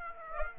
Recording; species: mosquito wingbeat signal from an infrared sensor; Aedes aegypti